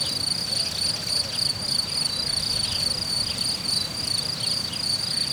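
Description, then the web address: Cricket song, a steady high-pitched pulsing trill, with a soft low rumble underneath. Cricket recorded in nature at Hortobágy in 2014, described as idyllic. "allathangok termeszetben tucsok professzionalis 2014 idilli balmikrofonraraszallorovar hortobagy"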